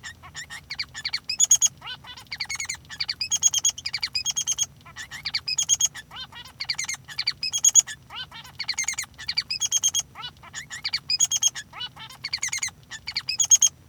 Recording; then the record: song of a male Bengalese finch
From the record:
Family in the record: son of father 3